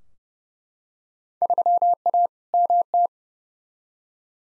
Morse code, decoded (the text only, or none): 3A MT